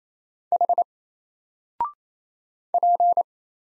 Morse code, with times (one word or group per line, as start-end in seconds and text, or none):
0.5-0.8 H
2.7-3.2 P